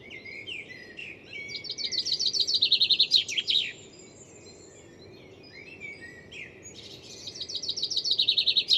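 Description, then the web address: Bird pours out a brisk series of high chirps, pauses, then begins another fast trilled phrase, with soft twittering before the first phrase. "cianscape birddata Deverinetal 2025 File origin Bird Only"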